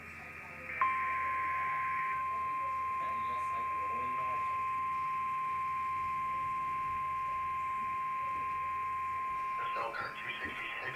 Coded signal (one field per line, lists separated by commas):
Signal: Emergency Alert System (SAME) tones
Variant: 1050 Hz attention tone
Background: speech